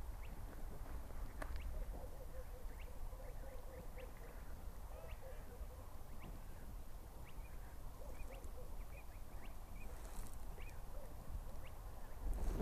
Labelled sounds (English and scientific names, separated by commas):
Spotted Crake (Porzana porzana)